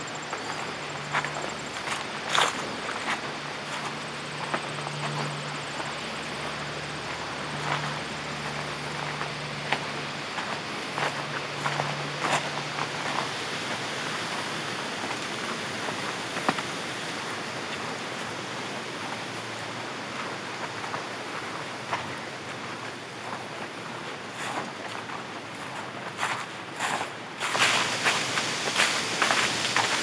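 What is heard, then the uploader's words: Crisp rustling and a steady rushing wash, like a calm creek, fill the clip, with frequent sharp crackles of leaves throughout. A low hum pulses on and off during the first twelve seconds, and a burst of louder crackling comes near the end. Lively Day by a Cabin in the Woods (Manistee Airbnb). Hike through the crisp sounds of leaves, crickets, passing cars, and a calm creek in these 20 acres hidden away in the woods of Manistee.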